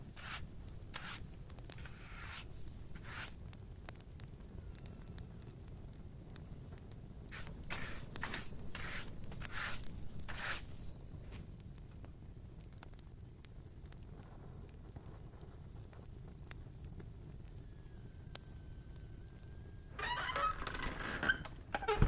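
A fire crackles gently in a room, with sharp snaps scattered through the first half, clustered around the opening seconds and again near eight to ten seconds. A low, steady rumble runs underneath throughout. Near the end, a brighter, rustling scrape swells up briefly.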